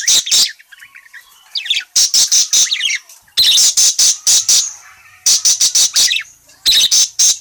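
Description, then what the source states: Parakeet calling in loud runs of harsh clicking chirps, with gaps of quieter twittering. Parakeet described as gacor (very vocal, chatty), calling.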